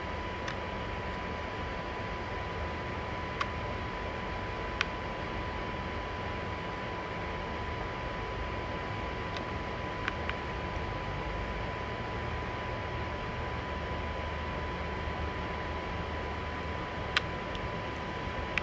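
A laptop fan roars steadily in a hotel room, a dense low hum with a faint high whine and occasional sharp clicks.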